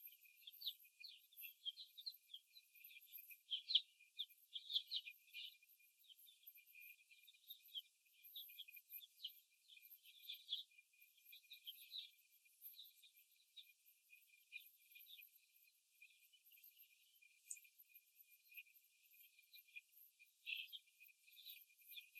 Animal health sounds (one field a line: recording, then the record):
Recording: young laying hens in a cage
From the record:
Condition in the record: after the stressor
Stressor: simulated dog barking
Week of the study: 1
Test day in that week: 2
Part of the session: 3